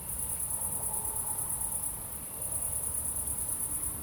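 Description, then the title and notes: Rapidly pulsed high cricket trills, dipping for a moment near the middle, with low rumbling noise underneath. Crickets recorded at night in Aveize, France, with a few cars in the distance; captured with DPA-2006c microphones in AB position on a Mixpre-3 recorder. "69610 Aveize, France - Grillons - Crickets. Grillons la nuit, quelques voitures dans le lointain. Crickets at night, cars in the distance"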